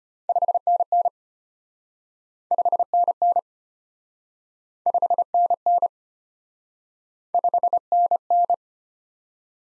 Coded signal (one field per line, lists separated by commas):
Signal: Morse code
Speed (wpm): 33 wpm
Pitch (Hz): 700 Hz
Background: none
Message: 5NN 5NN 5NN 5NN